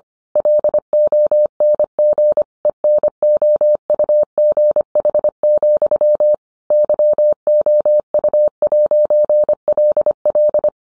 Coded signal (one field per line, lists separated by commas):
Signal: Morse code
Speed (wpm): 25 wpm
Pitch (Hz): 600 Hz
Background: none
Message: LONG ENOUGH, YOU'LL